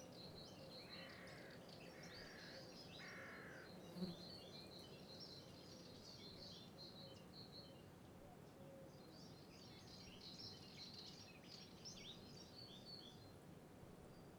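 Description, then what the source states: Crow gives three harsh caws in quick succession near the start, while small birds chirp and twitter in high bursts through much, over a low steady background hiss. Country atmosphere recording with birds.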